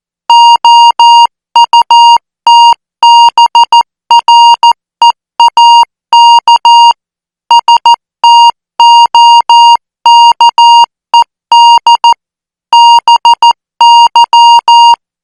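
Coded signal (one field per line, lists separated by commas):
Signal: Morse code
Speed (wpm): 14 wpm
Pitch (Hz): 940 Hz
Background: music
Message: OUTBREAK STOKED BY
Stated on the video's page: Morse code practice signal at 14 words per minute for military signal school training.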